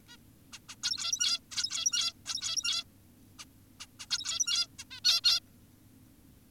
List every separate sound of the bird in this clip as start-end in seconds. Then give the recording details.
0.08-0.17, 0.53-0.60, 0.69-0.76, 0.83-1.40, 1.52-2.13, 2.26-2.84, 3.39-3.45, 3.80-3.86, 4.00-4.06, 4.11-4.67, 4.79-4.84, 4.91-5.00, 5.04-5.21, 5.24-5.40. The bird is an adult. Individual g17y2U